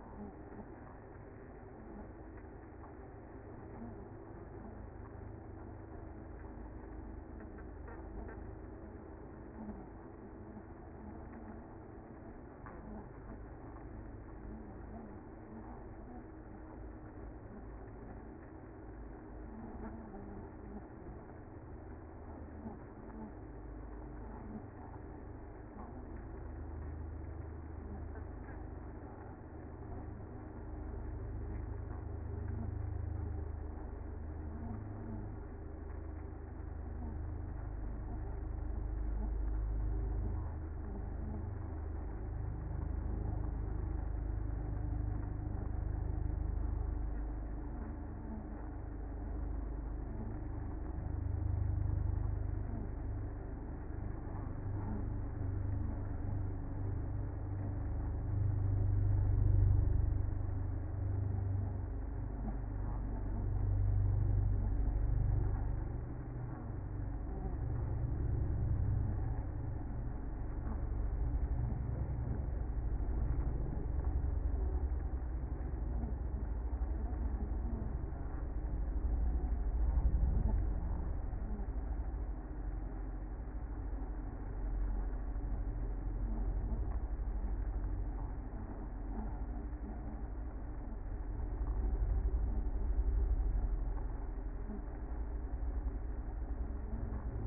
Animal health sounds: honeybee colony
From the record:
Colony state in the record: active

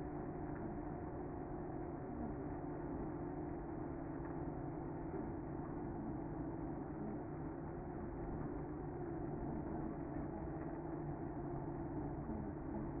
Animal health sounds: honeybee colony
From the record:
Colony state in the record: active

